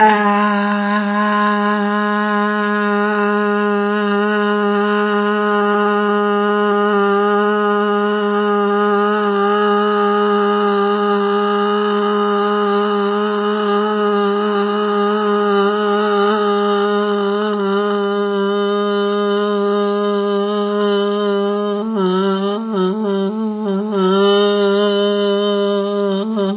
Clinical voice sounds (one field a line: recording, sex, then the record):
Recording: sustained vowel /a/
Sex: female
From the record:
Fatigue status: no fatigue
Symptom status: symptomatic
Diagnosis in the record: COVID-19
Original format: 3gp